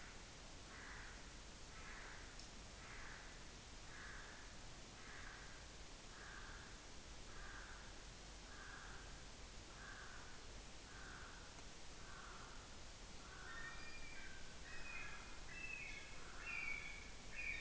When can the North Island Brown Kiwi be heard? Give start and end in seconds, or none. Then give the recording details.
0.00-17.60. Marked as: faintness 2/5. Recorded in New Zealand on 8 June 2014. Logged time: 02:19